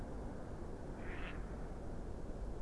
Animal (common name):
Mallard